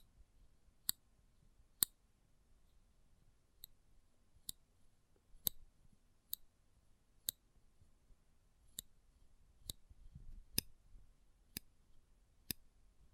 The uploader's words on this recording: ASMR Close Up Metallic Sounds (No Talking).